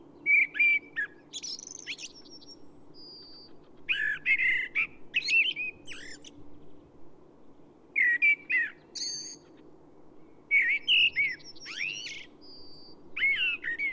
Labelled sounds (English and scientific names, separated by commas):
Common Blackbird (Turdus merula) song